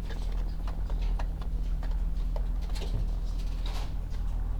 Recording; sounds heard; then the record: poultry house recording; sick chickens (respiratory disease)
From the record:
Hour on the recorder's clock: 16